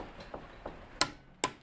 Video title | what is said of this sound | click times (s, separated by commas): Tasso Works Fitting BELT & DrPulley ROLLERS JPS125 e5+ | to the same until we can hear it | 1.0 s, 1.4 s